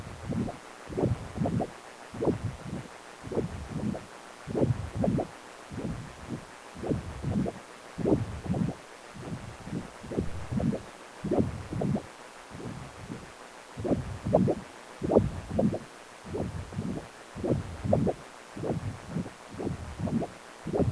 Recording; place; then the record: Doppler ultrasound of blood flow; precordium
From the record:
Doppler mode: continuous wave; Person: healthy adult, 18 to 50 years, no heart murmur, not diving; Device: 2.5 MHz transducer